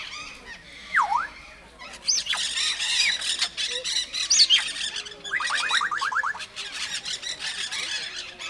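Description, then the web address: Grey parrot squawking almost nonstop, with a deep V-shaped whistle, sharp rising whistles and a quick rattling series of clicks over harsh screeches. Captive, in a zoo in Nyíregyháza, 2019, calm surroundings. "jako papagaj nyugiskornyezet nyiregyhaza"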